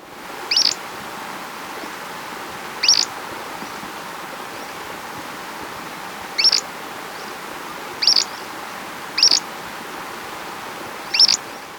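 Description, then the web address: Tufted tit-tyrant uttering brief, thin high notes at irregular gaps of one to four seconds, six in all, against steady background hiss. Recorded in Ecuador. "Birds of Ecuador 2. Tufted Tit-Tyrant"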